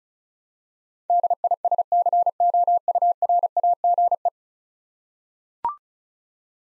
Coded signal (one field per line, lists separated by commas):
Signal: Morse code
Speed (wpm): 36 wpm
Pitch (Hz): 700 Hz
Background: none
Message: DISCOURAGE